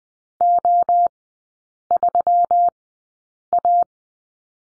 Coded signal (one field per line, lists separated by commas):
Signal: Morse code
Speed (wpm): 20 wpm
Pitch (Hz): 700 Hz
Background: none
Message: O3A